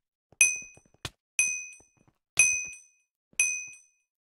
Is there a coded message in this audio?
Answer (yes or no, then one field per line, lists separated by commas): no